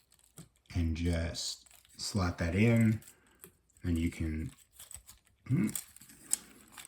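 A plastic figure part is handled toward its slot on the body of a plastic robot action figure during transformation, while someone talks. Faint plastic taps and rustles sound between the phrases, with a sharp tick near the end. Nothing has seated or clicked into place yet.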